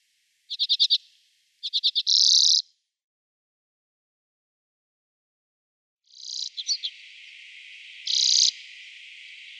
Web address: Schulze Peter Common Redpoll song